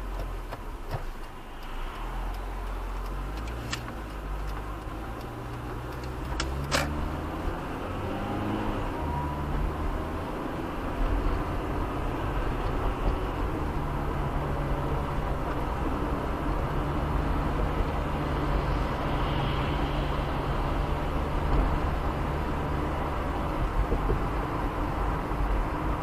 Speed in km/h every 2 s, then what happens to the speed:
4, 3, 9, 19, 32, 38, 42, 45, 47, 49, 51, 53, 53.
2-26 speeds up to 53.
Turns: 2-7.